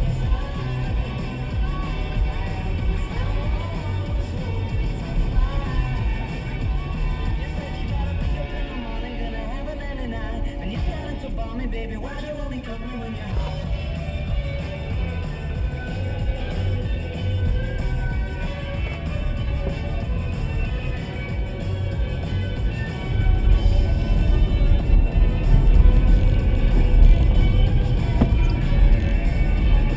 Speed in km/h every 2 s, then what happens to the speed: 47, 45, 42, 39, 35, 24, 16, 23, 26, 26, 32, 37, 42, 44, 45.
0-11 slows to 16. 18-30 speeds up to 45.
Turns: 10-13, 16-19.